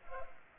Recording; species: mosquito wingbeat signal from an infrared sensor; Culex pipiens